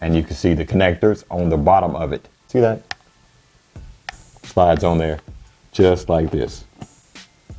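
A Sena 50S intercom unit is slid onto its side clamp mount on an Arai Corsair X motorcycle helmet while someone talks over background music, with brief handling noises including a sharp tick near 4.1 s. The unit has not yet snapped into place; nothing has seated or clicked by the end of the clip.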